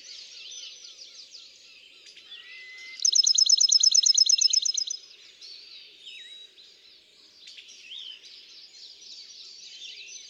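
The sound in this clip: Bachman's sparrow song: one sustained whistle that turns into a loud, rapid trill lasting about two seconds, against a continuous background of other small birds singing.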